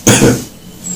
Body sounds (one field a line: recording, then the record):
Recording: coughing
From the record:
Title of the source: Spring Cold Coughing.